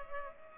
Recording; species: mosquito wingbeat signal from an infrared sensor; Culex pipiens